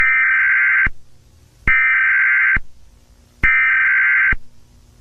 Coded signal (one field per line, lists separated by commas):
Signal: Emergency Alert System (SAME) tones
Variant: header bursts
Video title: 2004 Indonesia EAS Alarm